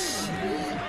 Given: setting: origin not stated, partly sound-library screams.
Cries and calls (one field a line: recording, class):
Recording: one-second piece from a danger detection set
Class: normal situation